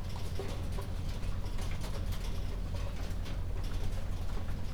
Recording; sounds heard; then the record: poultry house recording; no chicken sound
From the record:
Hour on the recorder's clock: 0